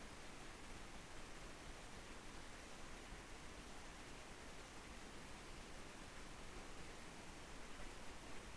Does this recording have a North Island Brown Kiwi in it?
no